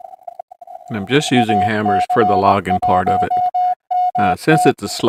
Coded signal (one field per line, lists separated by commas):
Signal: Morse code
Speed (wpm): 18 wpm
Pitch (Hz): 720 Hz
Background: speech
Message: AC1MT